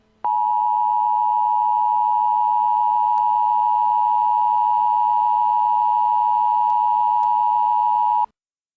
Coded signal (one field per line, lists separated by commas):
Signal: Emergency Alert System (SAME) tones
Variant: 853 and 960 Hz attention tone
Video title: Emergency Alert System: "Epic Chicken Fight"